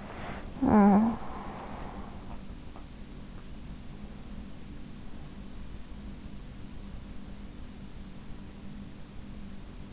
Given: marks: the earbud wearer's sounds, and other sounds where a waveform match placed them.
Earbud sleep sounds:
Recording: sounds in sleep by an in-ear microphone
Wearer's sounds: talking in sleep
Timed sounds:
0.00-2.45 s: talking in sleep

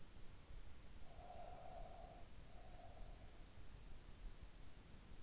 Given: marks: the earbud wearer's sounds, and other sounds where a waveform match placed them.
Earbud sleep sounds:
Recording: sounds in sleep by an in-ear microphone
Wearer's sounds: breath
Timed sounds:
0.97-3.64 s: breath

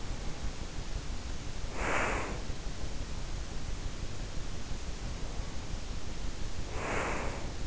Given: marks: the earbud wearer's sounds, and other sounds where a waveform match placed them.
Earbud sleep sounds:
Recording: sounds in sleep by an in-ear microphone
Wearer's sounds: breath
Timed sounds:
1.47-2.64 s: breath
6.57-7.67 s: breath

